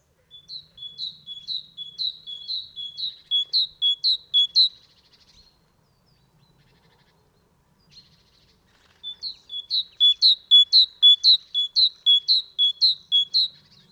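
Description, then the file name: Great tit song, a high two-note phrase repeated about twice a second in two long bouts separated by a few seconds of silence. "Parus major"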